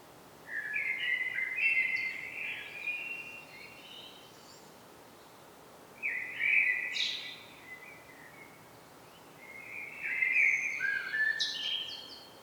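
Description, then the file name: Common blackbird song: three separate warbled phrases with higher squeaky notes, separated by pauses of quiet hiss. "Turdus merula"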